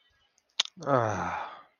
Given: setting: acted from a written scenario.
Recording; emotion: vocal sound without words; contentment